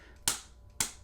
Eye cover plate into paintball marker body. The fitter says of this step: like a little slot right there and then it clicks back in it's very hard to